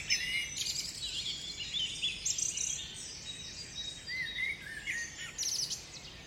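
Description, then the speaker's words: Several woodland birds singing at once, dense high chirps and short whistled phrases overlapping. Binaural dawn chorus recording from an English woodland on the Herefordshire borders, around 3 a.m. "So please allow yourself to stop and simply listen to this English woodland dawn chorus to mark Nyepi in my own small way."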